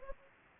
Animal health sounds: mosquito wingbeat signal from an infrared sensor; Anopheles gambiae

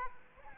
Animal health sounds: mosquito wingbeat signal from an infrared sensor; Aedes aegypti

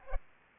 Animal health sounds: mosquito wingbeat signal from an infrared sensor; Aedes aegypti

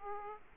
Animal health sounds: mosquito wingbeat signal from an infrared sensor; Aedes aegypti

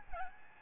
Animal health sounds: mosquito wingbeat signal from an infrared sensor; Aedes albopictus

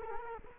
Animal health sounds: mosquito wingbeat signal from an infrared sensor; Culex quinquefasciatus

